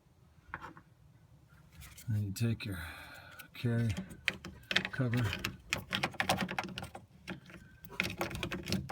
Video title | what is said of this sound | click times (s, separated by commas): 2005 Toyota Sequioa Rear Latch Replacement | and then sliding this one into place lock into place like so | 0.5 s